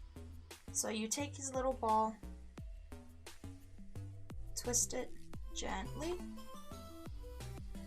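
A small plastic ball piece is gently twisted and pressed onto a collectible figure while someone talks over background music, with a few brief sharp ticks along the way. Nothing has seated or clicked yet; the piece is still being handled when the clip ends.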